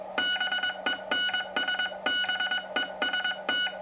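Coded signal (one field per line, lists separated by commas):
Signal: Morse code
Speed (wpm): 20 wpm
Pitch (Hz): 2950 Hz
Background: none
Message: BENSBEST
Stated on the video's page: Words sent on various keys, including a Vibroplex bug.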